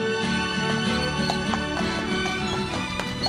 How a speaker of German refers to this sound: Danach werden die Pferde eingespannt. Der kleine Trek setzt sich zu seiner zweiten Etappe in Bewegung.